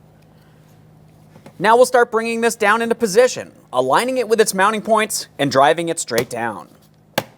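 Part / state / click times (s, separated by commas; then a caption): plastic window switch panel into the door trim panel / seated / 7.2 s. A plastic window switch panel is lined up with its mounting points and pushed straight down into the door trim panel of a 2003-2008 Toyota Corolla 1.8L L4. Someone talks for most of the clip. The clips give one sharp, loud snap at 7.2 s as the panel seats.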